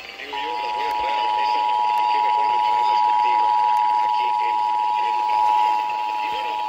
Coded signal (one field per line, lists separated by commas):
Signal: Emergency Alert System (SAME) tones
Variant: 853 and 960 Hz attention tone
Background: speech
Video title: [EAS #3042-#3048] San Diego County Required Monthly Test (7/03/24)